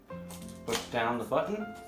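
A spray mop handle section with a push-button lock is handled against the next handle section while someone talks over steady background tones. The button is being pressed down, but the section has not locked or clicked into place yet.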